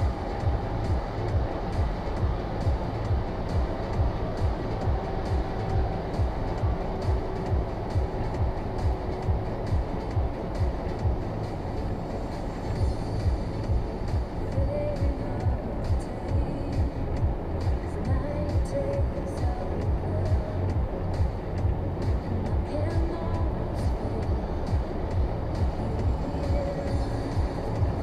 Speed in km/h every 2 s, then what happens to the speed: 91, 91, 90, 88, 85, 87, 89, 90, 89, 90, 90, 90, 89, 88.
0-28 steady at about 89.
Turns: none.